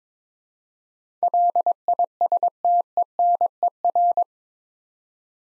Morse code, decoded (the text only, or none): LISTENER